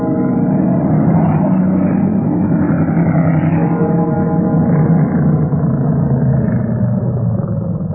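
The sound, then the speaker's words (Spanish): A small sports car engine rumbles loudly and continuously, its deep tone rising and dipping slightly as it drives through the quiet streets of an aristocratic neighborhood at 10 at night, then easing off a little toward the end as it pulls up in front of a severe, elegant building. “El auto Sport se detenía frente a un edificio de corte severo y elegante.”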